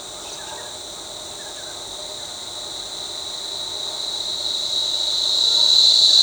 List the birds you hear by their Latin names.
none